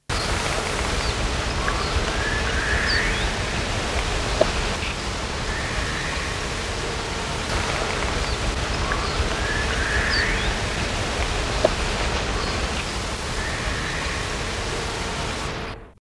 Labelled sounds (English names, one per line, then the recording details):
Barbary Partridge call
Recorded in the wild
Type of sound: call
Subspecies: koenigi
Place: Adéje, Kanarische Inseln, ES
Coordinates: 28.0987, -16.7428
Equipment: Halbspur, 9,5 cm/s
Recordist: Lütgens, Hans
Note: Höllenschlucht: Rufe